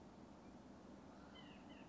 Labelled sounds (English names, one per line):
White-breasted Nuthatch